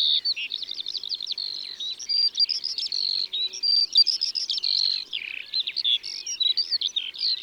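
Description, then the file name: Eurasian skylark singing a continuous, high-pitched flow of fast twittering phrases, buzzy trills and sharp chirps, varied and unbroken. "Alouette des champs ABC des chants doiseaux"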